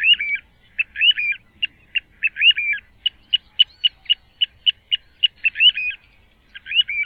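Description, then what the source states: Little Ringed Plover calls: a fast run of short, shrill whistled notes, several sliding downward, repeated steadily for about seven seconds with a brief pause near the end. At Oostvaardersplassen; a species that can turn up suddenly in a familiar area and later disappear.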